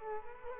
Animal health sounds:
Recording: mosquito wingbeat signal from an infrared sensor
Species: Culex quinquefasciatus

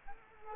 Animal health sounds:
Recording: mosquito wingbeat signal from an infrared sensor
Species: Culex quinquefasciatus

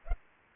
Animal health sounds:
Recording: mosquito wingbeat signal from an infrared sensor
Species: Culex pipiens

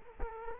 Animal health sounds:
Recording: mosquito wingbeat signal from an infrared sensor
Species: Culex quinquefasciatus

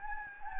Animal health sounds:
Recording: mosquito wingbeat signal from an infrared sensor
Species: Anopheles gambiae

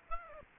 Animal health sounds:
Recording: mosquito wingbeat signal from an infrared sensor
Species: Aedes aegypti

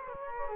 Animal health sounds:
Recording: mosquito wingbeat signal from an infrared sensor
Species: Culex quinquefasciatus

